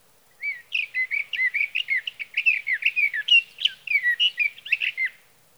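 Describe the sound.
Sage thrasher song, a rapid stream of sweet and scratchy warbled notes running steadily for nearly five seconds.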